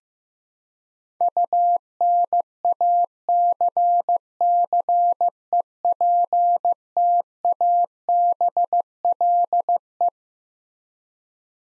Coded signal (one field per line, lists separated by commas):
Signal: Morse code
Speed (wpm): 15 wpm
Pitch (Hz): 700 Hz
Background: none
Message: UNACCEPTABLE